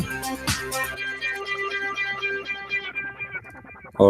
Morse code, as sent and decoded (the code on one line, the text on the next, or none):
none